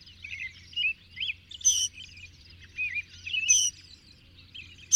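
Birds twittering and warbling in high, looping phrases, with a few sharp bright notes over a low hum.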